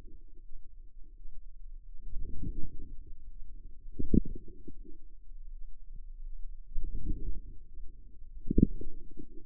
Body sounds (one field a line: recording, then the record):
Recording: forearm muscle sounds (acoustic myography)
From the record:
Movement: outward rotation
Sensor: system 2, bracelet of six BSWA MPA416 microphones around the upper forearm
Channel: 3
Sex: female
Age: 23 years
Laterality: right